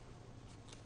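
The separated plastic arms of a transforming combiner toy robot are handled and folded out toward their locked position on the body, giving soft plastic handling and rustling noise with a brief small tick near 0.7 s. The arm has not yet snapped into place; nothing has seated or clicked yet.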